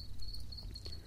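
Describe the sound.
House cricket trilling in high, pulsed bursts separated by short pauses, with a constant low hum behind.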